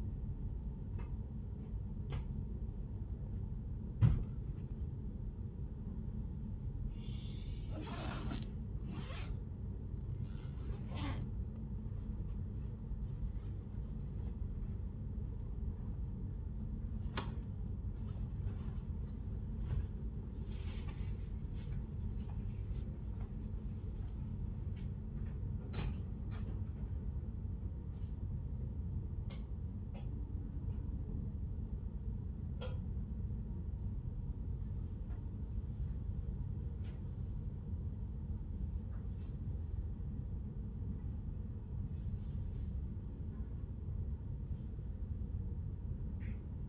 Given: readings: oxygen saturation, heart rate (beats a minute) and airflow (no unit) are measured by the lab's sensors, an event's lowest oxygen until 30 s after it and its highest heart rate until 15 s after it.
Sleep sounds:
a person awake in a sleep study, by a smartphone at the bedside; none
0.00-46.69 s: awake
From the record:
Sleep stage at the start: awake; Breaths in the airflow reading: 17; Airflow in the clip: -0.8 to 0.8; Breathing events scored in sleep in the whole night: 131 in 7.2 hours asleep

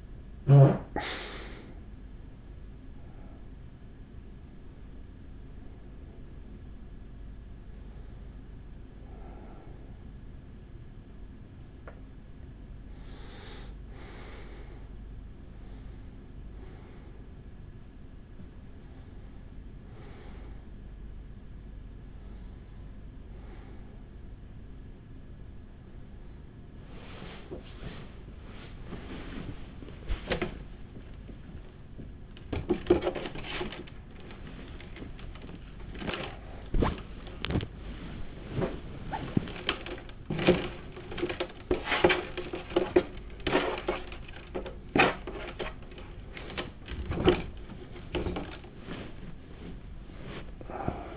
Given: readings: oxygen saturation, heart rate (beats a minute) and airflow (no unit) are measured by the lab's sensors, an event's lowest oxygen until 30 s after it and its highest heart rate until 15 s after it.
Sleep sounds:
a person awake in a sleep study, by a smartphone at the bedside; none
0.00-51.16 s: awake
From the record:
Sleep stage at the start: awake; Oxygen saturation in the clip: 93 to 96%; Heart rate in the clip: 33 to 68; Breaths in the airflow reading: 13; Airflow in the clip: -7.2 to 8.9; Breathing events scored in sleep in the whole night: 207 in 7.6 hours asleep

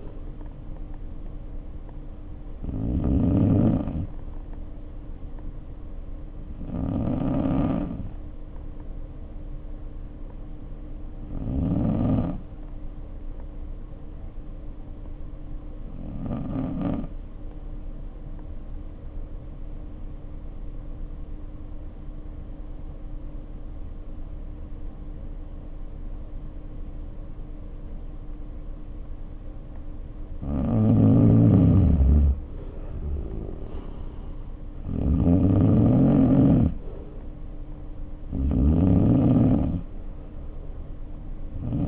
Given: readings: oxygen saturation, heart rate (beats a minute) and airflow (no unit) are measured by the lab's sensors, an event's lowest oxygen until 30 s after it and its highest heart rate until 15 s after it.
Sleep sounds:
breathing in sleep by a smartphone at the bedside; 1
6.00-32.20 s: hypopnea (N2, oxygen 95% highest, then 85% lowest, heart rate 51 at the start, 59 highest)
From the record:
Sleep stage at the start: N2 (light sleep); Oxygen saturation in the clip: 83 to 95%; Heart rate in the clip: 50 to 59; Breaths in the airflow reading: 8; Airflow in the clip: -4.2 to 5.7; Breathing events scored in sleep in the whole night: 520 in 7.2 hours asleep

